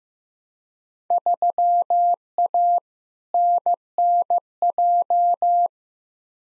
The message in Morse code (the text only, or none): 3A NNJ